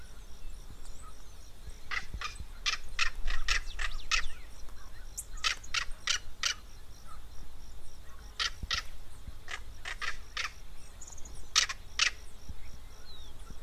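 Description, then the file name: Southern crested caracara with rapid bursts of harsh, rasping notes in small clusters, pausing between bursts, against a constant high-pitched insect drone. Pantanal. "Carcara"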